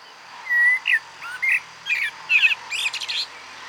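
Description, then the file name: Common blackbird song, a warbled whistle followed by several squeaky, chattering high notes, heard over a hissy background. "Turdus merula"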